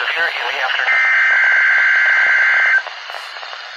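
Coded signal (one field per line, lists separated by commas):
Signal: Emergency Alert System (SAME) tones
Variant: header bursts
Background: speech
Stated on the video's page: Required Weekly Test from NOAA Weather Radio station WXL40 Harrisburg, Pennsylvania, received on a Midland WR-120EZ weather radio.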